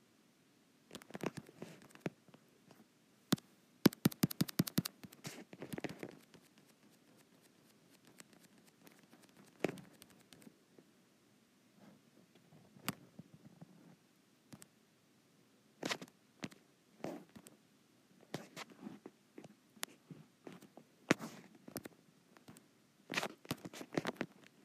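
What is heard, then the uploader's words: Fingers tap and patter across a touch screen in irregular bursts, with quick clusters of light clicks around 1–6 seconds and again from about 16 to 25 seconds. Between bursts come quieter stretches with isolated sharp taps and soft rubbing. ASMR Touch Screen.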